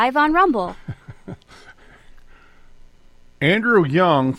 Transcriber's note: laughs